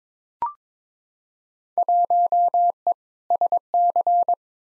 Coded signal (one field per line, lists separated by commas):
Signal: Morse code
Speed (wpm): 22 wpm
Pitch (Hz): 700 Hz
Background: none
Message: 1E SC